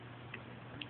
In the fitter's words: and it clicks right in